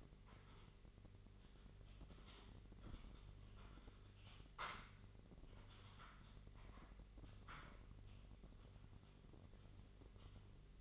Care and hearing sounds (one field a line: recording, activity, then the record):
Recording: daily activity, microphone in the room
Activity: typing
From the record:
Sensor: 4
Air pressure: 1008.4 hPa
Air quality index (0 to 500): 82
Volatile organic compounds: 1 ppm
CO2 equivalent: 652 ppm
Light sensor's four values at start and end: 17/39/16/16 and 17/39/16/16